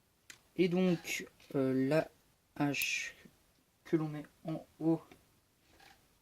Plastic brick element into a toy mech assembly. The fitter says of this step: la parabole mon enfance jusqu'au bout comme ça jusqu'à entendre le petit clic et